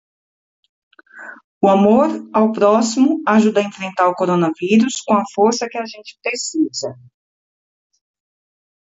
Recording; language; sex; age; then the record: spoken sentence; Brazilian Portuguese; female; 40 to 49 years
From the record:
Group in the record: control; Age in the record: 41 years